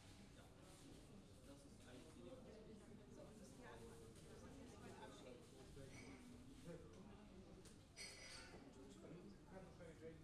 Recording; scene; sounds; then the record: everyday scene through a hearing-aid microphone; many people talking; many voices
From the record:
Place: university cafeteria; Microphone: in the ear canal, left